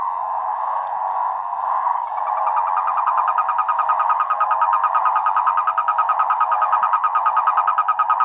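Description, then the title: Frogs and toads calling in a dense chorus, a steady hum overlaid by rapid pulsed trills that grow louder and more regular after two seconds. Chorus of frogs and toads after spring rain, near San Javier, Córdoba region, Argentina. "Orgie de batraciens, Cordoba (AR)"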